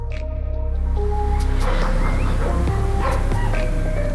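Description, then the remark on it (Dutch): A dog barks a few times in short, sharp bursts over a steady low hum, with soft rustling in between. “Ik hoor de hond al.”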